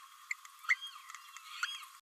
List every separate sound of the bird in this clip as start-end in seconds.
0.30-0.34, 0.68-0.75, 1.62-1.66